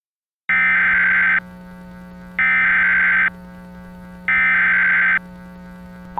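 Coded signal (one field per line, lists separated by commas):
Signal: Emergency Alert System (SAME) tones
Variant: header bursts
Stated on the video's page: Fictional, simulated EAS scenario.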